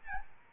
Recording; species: mosquito wingbeat signal from an infrared sensor; Aedes albopictus